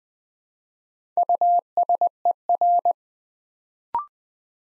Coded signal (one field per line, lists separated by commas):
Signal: Morse code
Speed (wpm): 20 wpm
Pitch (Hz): 700 Hz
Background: none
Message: USER